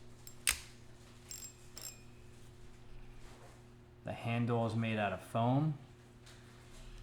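The wire bail arm on a spinning fishing reel is flipped closed and snaps into its closed position with a sharp, clean click at 0.5 s. Fainter ticks follow at about 1.3 and 1.8 s. Someone then talks from about 4.1 to 5.8 s over a low steady hum.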